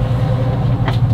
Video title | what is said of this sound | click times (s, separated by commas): How to professionally replace the toilet in your RV. | Oh, that one stripped out. | 0.9 s